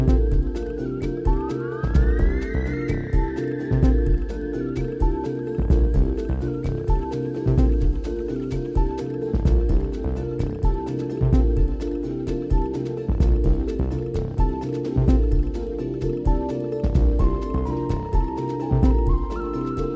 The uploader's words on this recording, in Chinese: 夏夜遛弯儿半小时。